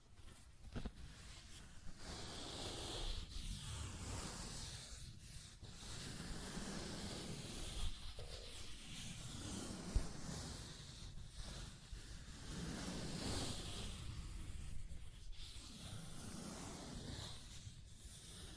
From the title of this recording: Scratching and Tracing Sounds